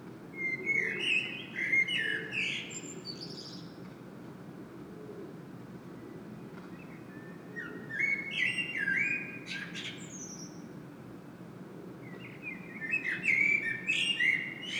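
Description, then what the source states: Common blackbird singing three separate phrases, each a rich fluty warble followed by high scratchy twittering, spaced by quiet gaps of several seconds, with a constant low hum behind. Common blackbird singing in Saint-Gilles, Belgium; Sony PCM-M10 internal microphone.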